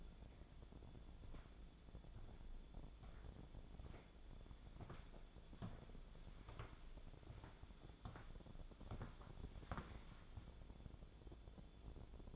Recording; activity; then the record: daily activity, microphone in the room; walk to room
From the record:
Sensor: 5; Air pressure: 1000.0 hPa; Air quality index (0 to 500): 90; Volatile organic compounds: 1 ppm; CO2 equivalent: 737 ppm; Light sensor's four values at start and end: 391/975/408/461 and 402/965/417/476